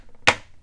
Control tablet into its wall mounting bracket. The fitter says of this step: and then gently push it and hear that snap